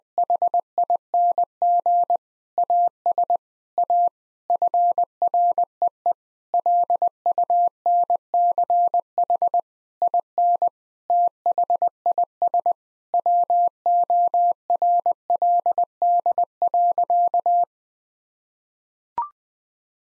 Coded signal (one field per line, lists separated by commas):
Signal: Morse code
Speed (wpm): 20 wpm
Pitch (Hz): 700 Hz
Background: none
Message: HING AS A FREE LUNCH IN THIS WORLD.